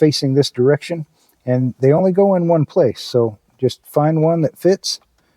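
A plastic wiring harness plug is being handled for insertion into the socket on the back of a CarPlay/Android Auto head unit during an install in a 2010–15 Toyota Prius. Someone talks throughout, with brief pauses. The plug has not seated or clicked yet.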